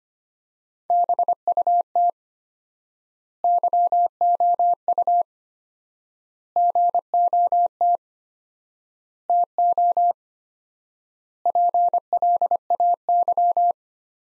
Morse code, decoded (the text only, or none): BUT YOU GOT TO PLAY